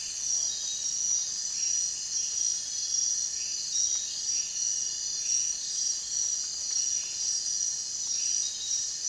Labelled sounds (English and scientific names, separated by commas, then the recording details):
none
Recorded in dense forest near Puerto Asís, Putumayo, Colombia, on 23 June 2025 at 03:00
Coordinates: 0.466, -76.327
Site GP04